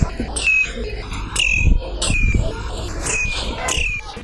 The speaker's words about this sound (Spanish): Luego salí a la calle y habían pájaros peleando.